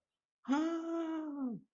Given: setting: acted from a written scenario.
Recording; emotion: vocal sound without words; distress